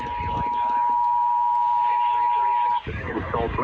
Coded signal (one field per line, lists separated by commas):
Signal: Emergency Alert System (SAME) tones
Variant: 853 and 960 Hz attention tone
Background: speech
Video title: Severe Thunderstorm Warning KEC78 & KUAO EAS#342&343